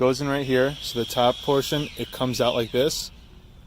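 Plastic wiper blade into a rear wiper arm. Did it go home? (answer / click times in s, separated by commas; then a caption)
no / none. A new plastic rear wiper blade is being fitted into the rear wiper arm of a Scion xA, top portion first, while a man talks throughout the clip. A steady high-pitched tone runs underneath his voice until about 3.0 seconds, after which only faint background noise remains. Nothing has seated or clicked yet.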